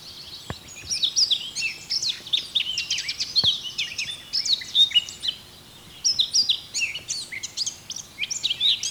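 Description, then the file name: Eurasian blackcap delivering a long, hurried jumble of high warbling and chattering notes, nearly continuous with a brief gap midway. "Sylvia atricapilla"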